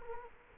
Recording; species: mosquito wingbeat signal from an infrared sensor; Culex quinquefasciatus